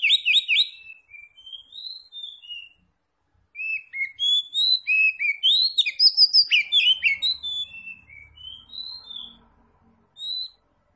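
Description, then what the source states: Oriental magpie-robin singing a long, varied song of whistles and slurred notes in bursts separated by brief pauses. Kacer Tretes, described as gacor (singing vigorously).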